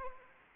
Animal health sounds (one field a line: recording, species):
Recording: mosquito wingbeat signal from an infrared sensor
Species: Anopheles arabiensis